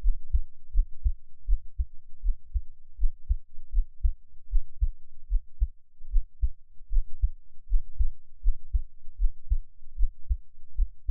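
An adult's steady, regular low heartbeat thumps at about 80 beats a minute, picked up close with an NT5 microphone.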